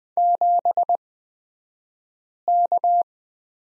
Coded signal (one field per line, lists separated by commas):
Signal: Morse code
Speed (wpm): 20 wpm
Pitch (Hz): 700 Hz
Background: none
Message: 7K